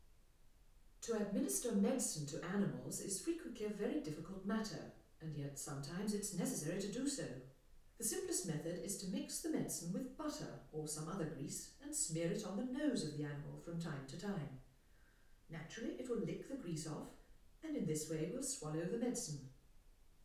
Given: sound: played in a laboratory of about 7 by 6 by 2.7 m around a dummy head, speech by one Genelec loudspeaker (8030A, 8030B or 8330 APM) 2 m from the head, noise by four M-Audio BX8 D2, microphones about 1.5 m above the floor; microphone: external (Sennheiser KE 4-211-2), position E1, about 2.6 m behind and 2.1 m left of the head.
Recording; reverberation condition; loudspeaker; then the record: female speech in English; medium; 30 degrees to the right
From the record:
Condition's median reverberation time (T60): about 510 ms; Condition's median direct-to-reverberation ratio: about -0.5 dB